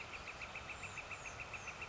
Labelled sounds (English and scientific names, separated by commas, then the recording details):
Northern Flicker (Colaptes auratus)
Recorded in Sonoma County, California